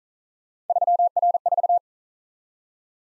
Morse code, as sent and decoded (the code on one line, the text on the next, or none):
...-- .-. ....-
3R4